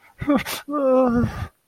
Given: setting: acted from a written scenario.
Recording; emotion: vocal sound without words; fear